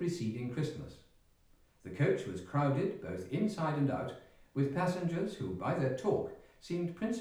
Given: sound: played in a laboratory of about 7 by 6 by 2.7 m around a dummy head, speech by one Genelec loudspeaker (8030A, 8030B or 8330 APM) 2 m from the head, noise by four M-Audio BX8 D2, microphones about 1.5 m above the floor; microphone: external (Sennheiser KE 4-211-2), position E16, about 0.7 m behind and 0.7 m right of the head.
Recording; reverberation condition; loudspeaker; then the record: male speech in English; medium; in front (0 degrees)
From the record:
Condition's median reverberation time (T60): about 510 ms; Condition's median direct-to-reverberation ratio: about -0.5 dB